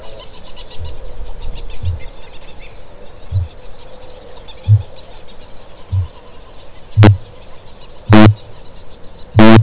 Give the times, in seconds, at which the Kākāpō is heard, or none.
0.57-6.11, 6.89-9.62